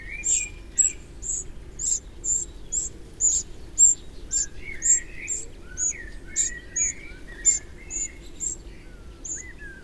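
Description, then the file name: Eurasian wren calls, rapid series of sharp high ticks almost twice a second, accompanied by quiet warbled notes of other birds. "Troglodytes troglodytes"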